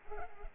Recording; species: mosquito wingbeat signal from an infrared sensor; Culex pipiens